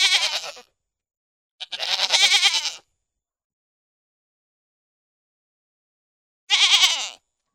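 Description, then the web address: Pygmy goat bleating three times, each bleat wavering, the middle one longest, with a long silence before the last. "Goats -Pigmy"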